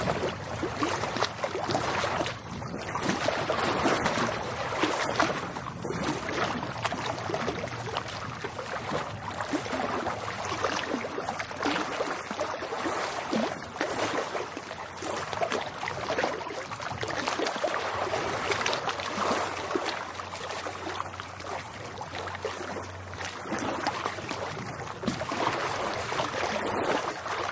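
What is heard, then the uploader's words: Lake water laps steadily, a dense run of small splashes and gurgles with no pauses over the whole stretch. The sound sits mostly in the middle and upper range, with a faint low hum underneath and a thin high whine throughout. Lapping Lake. Recorded August 2020.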